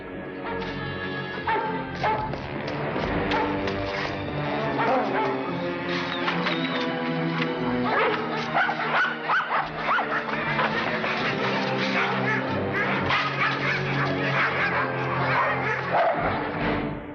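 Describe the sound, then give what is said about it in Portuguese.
Several dogs being provoked by a person bark and yip in a loud, agitated, overlapping chorus that continues without pause, with sharp high yelps cutting through deeper barks and an occasional whimper. “Eu não gosto quando você provoca os cachorros.”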